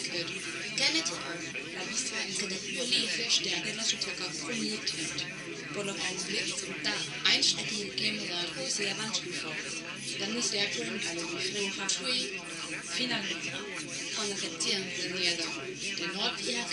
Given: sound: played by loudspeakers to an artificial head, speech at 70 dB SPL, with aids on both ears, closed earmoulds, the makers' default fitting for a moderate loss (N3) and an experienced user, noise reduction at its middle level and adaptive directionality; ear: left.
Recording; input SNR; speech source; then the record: speech test signal (ISTS) in cocktail-party noise; 0 dB; on the right (90 degrees)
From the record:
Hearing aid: class 1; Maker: B